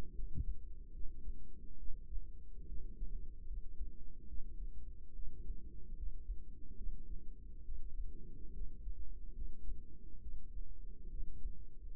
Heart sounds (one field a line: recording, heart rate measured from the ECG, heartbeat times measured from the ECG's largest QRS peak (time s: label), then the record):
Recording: heart sounds by microphone in the right ear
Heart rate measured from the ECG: 72 bpm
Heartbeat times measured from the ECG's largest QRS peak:
0.14 s: heartbeat
0.92 s: heartbeat
1.77 s: heartbeat
2.66 s: heartbeat
3.45 s: heartbeat
4.27 s: heartbeat
5.14 s: heartbeat
5.95 s: heartbeat
6.75 s: heartbeat
7.63 s: heartbeat
8.52 s: heartbeat
9.33 s: heartbeat
10.20 s: heartbeat
11.09 s: heartbeat
11.88 s: heartbeat
From the record:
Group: healthy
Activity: rest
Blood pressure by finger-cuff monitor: 152/85 mmHg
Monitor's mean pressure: 105 mmHg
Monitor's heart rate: 71 bpm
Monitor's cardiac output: 6.4 L/min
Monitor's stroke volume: 90 mL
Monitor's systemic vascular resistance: 1210 dyn s/cm5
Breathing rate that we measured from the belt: 21 breaths a minute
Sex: female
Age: 22 years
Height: 154 cm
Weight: 58.7 kg